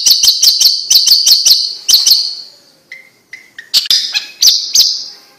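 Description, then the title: Bird giving a quick run of sharp chirps, a few soft lower whistles in a brief lull, then more spaced chirps. "Kicau Burung Yoi"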